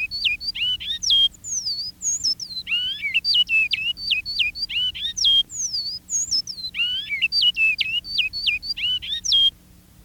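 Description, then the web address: Great-billed seed finch song, a rapid run of clear whistled notes with sharp up-and-down sweeps and slurred falling whistles, phrases repeating about every four seconds, steady low hum underneath. "bicudario cantos lancelotti"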